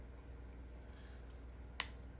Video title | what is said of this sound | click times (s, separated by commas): Do not Install a Ceiling Fan BEFORE watching this video! | there we go nice click | 1.8 s